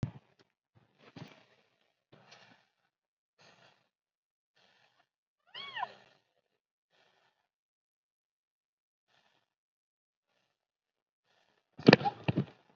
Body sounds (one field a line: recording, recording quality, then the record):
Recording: deep breathing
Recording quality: moderate, slight background noise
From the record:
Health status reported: COVID-19 positive, mild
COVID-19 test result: positive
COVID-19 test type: RT-PCR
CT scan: not taken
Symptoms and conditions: cough, cold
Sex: female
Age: 32 years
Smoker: no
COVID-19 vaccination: none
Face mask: worn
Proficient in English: yes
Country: India